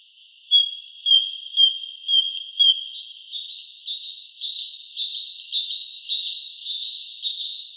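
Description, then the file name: Great tit sounding a clear, repeated two-note phrase for a few seconds before a mix of other birds' twittering takes over. "Parus major"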